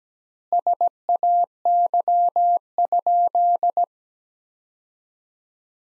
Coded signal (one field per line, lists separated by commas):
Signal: Morse code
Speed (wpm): 17 wpm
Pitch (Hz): 700 Hz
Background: none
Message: SAY?